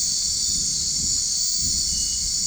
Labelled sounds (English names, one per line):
none